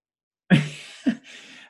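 Two short, explosive bursts about half a second apart, the first stronger, then a soft breathy snuffle that trails off. Fudge, a pet animal, sneezing in the background.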